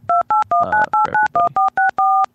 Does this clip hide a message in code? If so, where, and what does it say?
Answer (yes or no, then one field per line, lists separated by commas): yes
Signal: DTMF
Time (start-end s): 0.1-2.3 s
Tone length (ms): 150 ms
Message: 2819891464